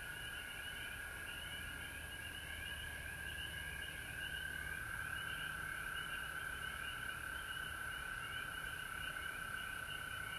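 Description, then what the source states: Frog chorus of rapid repeated pulsed calls layered over a constant mid-pitched trill, unbroken for the full length, with faint low rumble. Recorded at home in Georgia on March 19, 2020.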